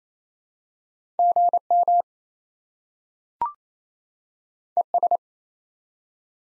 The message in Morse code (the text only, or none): GM ES